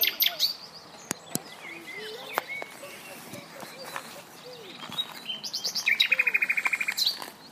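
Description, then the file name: Common nightingale singing scattered whistled phrases, then a rapid, rhythmic series of repeated notes near the end. "Luscinia megarhynchos"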